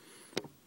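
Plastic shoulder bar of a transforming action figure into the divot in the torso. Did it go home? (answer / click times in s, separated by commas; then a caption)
yes / 0.4 s. The plastic shoulder bar of a Deluxe Crankcase transforming action figure is lined up with the divot in the torso and pushed in. It gives a sharp snap at 0.4 s, followed by a softer rattle just after. The shoulder joint snaps and locks into place.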